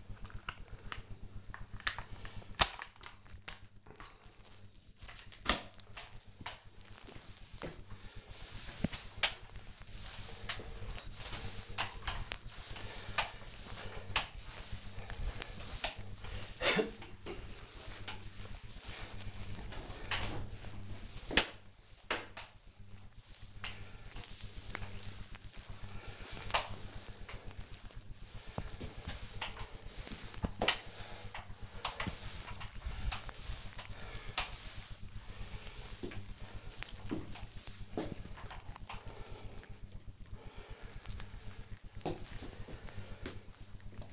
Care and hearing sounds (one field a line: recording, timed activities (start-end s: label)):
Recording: household activities, microphone on the right wrist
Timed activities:
0.00-39.03 s: floor cleaning